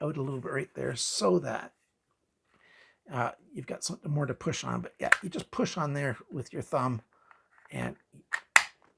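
Someone talks about a QSP Bison (model QS134A/B/C) fixed-blade hunting/survival knife, then pushes on its sheath with a thumb to free it. At 8.6 s the knife pops out of the sheath's retention with a loud, sharp snap, releasing the blade.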